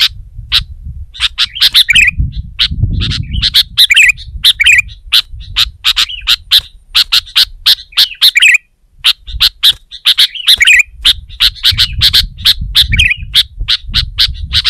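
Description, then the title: Sooty-headed bulbul: a long stream of crisp chirps and short liquid warbles with a brief pause, over a low rumble. "kutilang"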